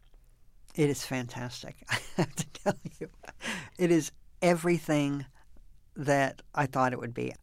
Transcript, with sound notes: It is fantastic, (laughter) I have to tell you. It is everything that I thought it would be.